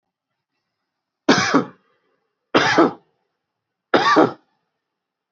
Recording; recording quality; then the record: heavy voluntary cough; excellent, no background noise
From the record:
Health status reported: healthy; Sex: male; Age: 36 years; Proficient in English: yes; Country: India